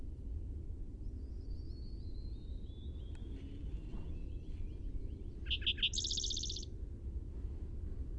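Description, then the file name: Spotted towhee singing a few sharp introductory notes then a rapid buzzy trill, preceded by a thin descending whistle, over low rumbling noise. Primary song. "SPTO-Primary Song"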